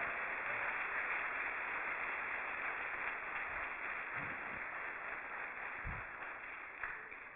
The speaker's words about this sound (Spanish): Un aplauso al Señor, aleluya.